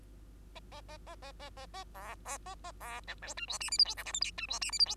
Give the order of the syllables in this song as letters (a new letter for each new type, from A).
A A A A A A A A B B A A B C D E F G H I J K L M N E F G H I J